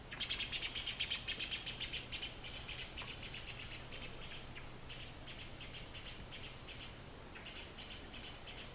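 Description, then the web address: Great spotted woodpecker giving sharp, high kik alarm calls in a rapid, slightly irregular series that is loudest early, then continues more quietly and steadily, with a brief pause near seven seconds. Cries of a disturbed bird. "cries of a disturbed great spotted woodpecker dendrocopos major"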